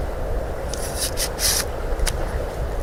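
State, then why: Not seated. A plastic blade guard is handled against the blade of a Kershaw Camp 12 folding camp saw, giving bursts of bright, scraping friction from about 0.7 to 1.6 s and a short sharp scrape near 2.1 s over a steady low background hum. The guard has not yet locked into place; nothing has seated or clicked in this clip.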